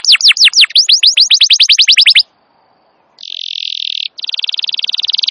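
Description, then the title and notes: Canary singing a quickening series of downslurred whistles, silence for a second, then a harsh buzzy trill and a fast rhythmic rattle. Wild canary song, described as long and vigorous, used as a master recording to lure or train canaries. "Pikat Kenari GACOR PANJANG INI Cocok Untuk Masteran KENARI LIAR. Masteran burung kenari gacor parah"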